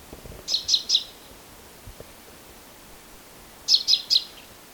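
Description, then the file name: Common chaffinch calls: two quick bursts of three sharp, high, downslurred notes, about three seconds apart, with faint low rustling near the start. "Fringilla coelebs"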